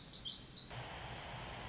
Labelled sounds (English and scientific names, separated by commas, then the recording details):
Pacific Wren (Troglodytes pacificus)
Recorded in Sonoma County, California